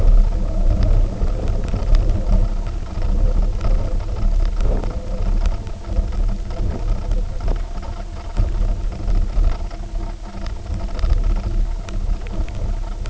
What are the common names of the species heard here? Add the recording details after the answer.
none. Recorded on Arctic tundra, site UTQI-0, on 19 June 2018. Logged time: 02:00